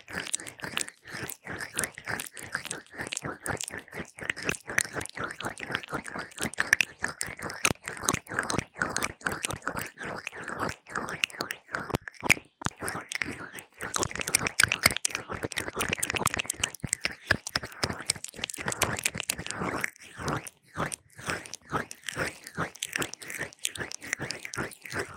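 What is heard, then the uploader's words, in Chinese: A fast, intense ear massage with aloe gel: rapid wet squishing and crackling strokes run almost continuously, dense and bright with sharp clicky edges. The rhythm is quick and uneven, with a few brief pauses around the middle and near the end. 蘆薈凝膠極速耳朵按摩 | Fast Intense Ear massage | NO Talking。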